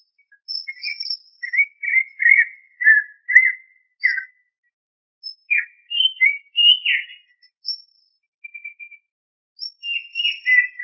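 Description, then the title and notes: Greater green leafbird song of spaced, varied whistled notes and slurs, with thin high notes above and gaps between phrases. Songbird, described as a champion singer. "Kicau Burung Cucak Ijo Juara. Suara kicauan burung cucak ijo"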